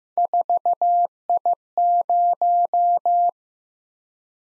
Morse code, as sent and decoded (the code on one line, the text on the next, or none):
....- .. -----
4I0